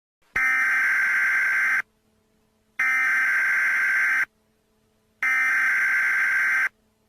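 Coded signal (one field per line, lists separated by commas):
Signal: Emergency Alert System (SAME) tones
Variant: header bursts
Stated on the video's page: Fictional Halloween EAS scenario; simulated alert.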